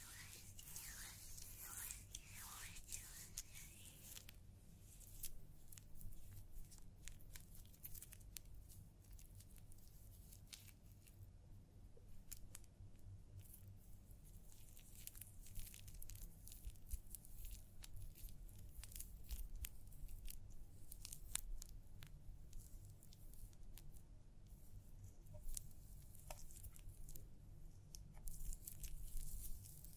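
A scalp massage and hair wash: dense, irregular crackling and squishy rubbing over a steady low hum, with sharper bursts after about ten seconds.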